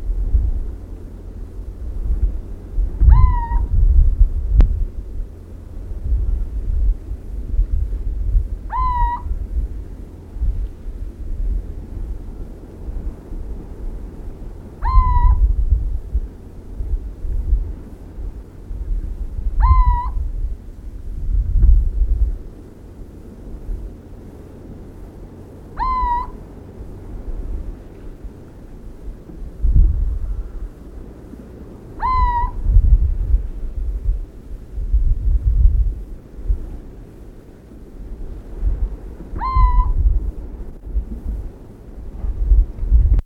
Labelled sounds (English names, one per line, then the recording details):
Little Owl call
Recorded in the wild
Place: Adamclisi, Dobrogea, RO
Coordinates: 44.086, 27.956
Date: 1973-05-02
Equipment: Nagra III BH, Sennheiser MD 21, parabola
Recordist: Schubert, Michael
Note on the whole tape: Rufe Steinkauz